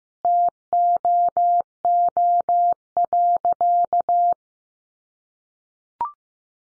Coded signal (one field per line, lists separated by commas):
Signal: Morse code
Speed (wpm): 15 wpm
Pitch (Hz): 700 Hz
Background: none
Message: TOO.